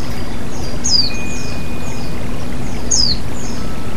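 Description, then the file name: White-eye chirps: two quick, high downward-sweeping notes about two seconds apart, with fainter calls between, heard over constant rushing water and a low steady hum. Bird-therapy track pairing white-eye (pleci) song with the sound of flowing water. "terapi air mengalir burung pleci"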